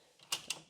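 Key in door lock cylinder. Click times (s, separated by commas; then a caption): 0.3 s. A new key is turned back to the right in the door lock cylinder of an Aussie Traveller DC caravan door to unlock it for opening. A faint tick comes first, then a sharp mechanical click at 0.3 s as the lock releases, followed by a second click at about 0.5 s. The lock is released.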